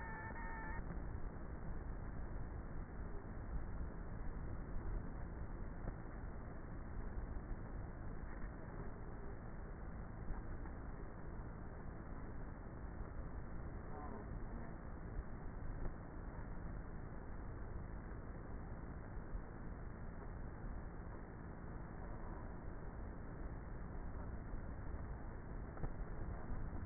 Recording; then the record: honeybee colony, microphone inside the hive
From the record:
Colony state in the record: queenless with a low population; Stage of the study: before two queens were removed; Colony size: about 30,000 bees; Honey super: no